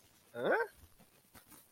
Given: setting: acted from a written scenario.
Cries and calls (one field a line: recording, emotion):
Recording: vocal sound without words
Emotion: confusion